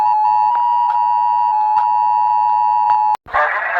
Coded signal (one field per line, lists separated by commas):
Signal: Emergency Alert System (SAME) tones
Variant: 853 and 960 Hz attention tone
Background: music